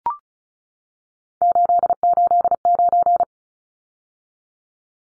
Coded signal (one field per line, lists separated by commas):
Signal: Morse code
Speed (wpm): 34 wpm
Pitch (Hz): 700 Hz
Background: none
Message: 889